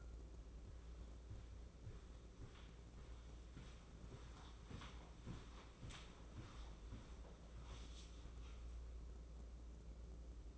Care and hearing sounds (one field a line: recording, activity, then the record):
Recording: daily activity, microphone in the room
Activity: walk to room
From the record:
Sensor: 1